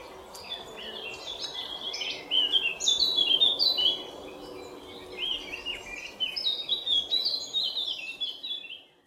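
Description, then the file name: Eurasian blackcap song: rapid, varied warbling notes, louder in two stretches, over a steady hiss of background noise. "Sylvia atricapilla"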